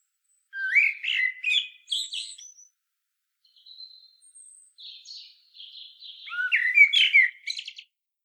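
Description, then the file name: Common blackbird singing two warbled phrases with high, scratchy twittering, separated by a few thin, high notes. "Turdus merula"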